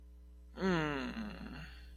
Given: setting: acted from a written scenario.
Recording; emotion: vocal sound without words; disappointment